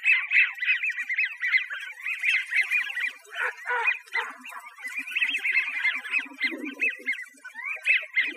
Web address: Sound Library Ducks Geese Swans AZFO AMWI deviche 021206